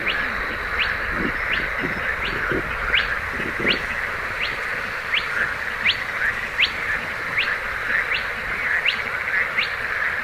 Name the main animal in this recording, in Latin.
Porzana porzana